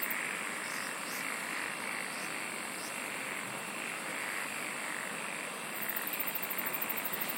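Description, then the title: Insect chorus of continuous shrill buzzing, with a few short high chirps early on and a very high fast trill starting near the end. "SINGING OF INSECTS"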